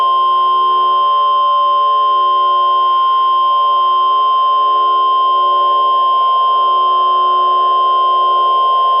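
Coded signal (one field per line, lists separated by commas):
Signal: Emergency Alert System (SAME) tones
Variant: 1050 Hz attention tone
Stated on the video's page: Mock EAS alert with valid tones.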